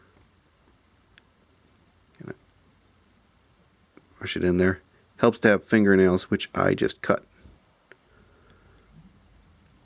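A small plastic guide piece is pushed by fingertip into a fingerboard deck/ramp fitting while someone talks, with a few faint ticks early on. A sharp click at 7.9 seconds marks the guide piece seating home.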